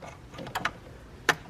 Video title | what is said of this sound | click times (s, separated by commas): BMW N54 Oil Filter Housing Gasket E90/E60/335i/E92 | slide right in and you should hear an audible click with | 1.3 s